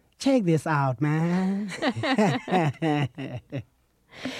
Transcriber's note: laughter